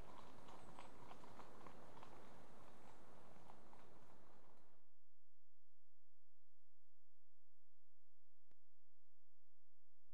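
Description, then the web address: Horse hoofbeats: irregular crunching steps on gravel at a walking pace for about five seconds, then near silence. Two horses walking past on gravel. "BBC Sound Effects Library BBC 37-Horses. Two horses walk past on gravelly"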